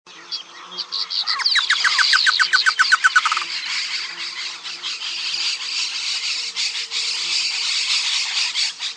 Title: LuckyPassaro Completos2Sama. Chotoy Spinetail (Schoeniophylax phryganophilus phryganophilus (ssp assumed from location))